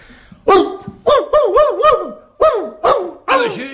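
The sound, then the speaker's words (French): A man's voice imitates a dog barking, giving a quick series of about nine loud, harmonic woofs that rise and fall in pitch, in short irregular bursts with brief pauses between. “J'ai une grosse commande de chiens aboyeurs et je voudrais approcher le plus près possible de la vérité.”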